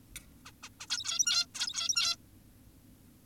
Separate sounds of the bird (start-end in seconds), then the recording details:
0.46-0.52, 0.63-0.69, 0.80-0.87, 0.90-1.46, 1.55-2.16. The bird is an adult. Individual g17y2U